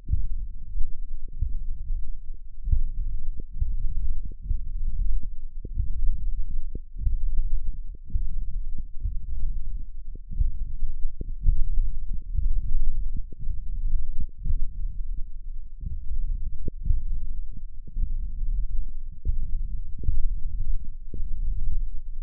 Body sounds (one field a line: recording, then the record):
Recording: forearm muscle sounds (acoustic myography)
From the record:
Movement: finger pinch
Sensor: system 1, eight BSWA MPA416 microphones around the upper forearm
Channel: 8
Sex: male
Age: 21 years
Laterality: right